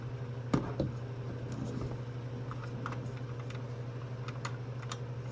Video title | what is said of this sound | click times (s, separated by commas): Thread break sensor installation on Nolting Pro ￼ | Okay, and you heard it click. That means it's in all the way. | 4.9 s